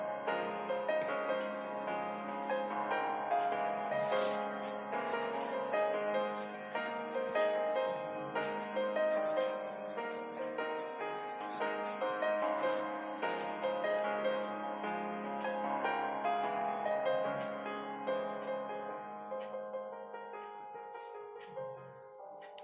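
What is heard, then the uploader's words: K-pop piano music plays steadily, with flowing, overlapping notes in the middle range over a soft low bass line. Bright, scratchy ticks like pencil strokes come through frequently across the clip, and the playing eases slightly quieter near the end. It was actually 4:30 or so in the morning when I recorded this.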